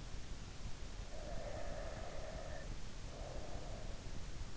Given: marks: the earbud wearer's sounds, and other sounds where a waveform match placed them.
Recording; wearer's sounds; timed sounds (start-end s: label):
sounds in sleep by an in-ear microphone; breath
0.93-4.02 s: breath